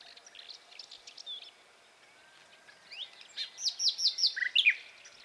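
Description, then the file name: Common nightingale calls: faint scattered chips, then a louder burst of rapid, repeated high whistled notes and a lower note near the end. "Luscinia megarhynchos"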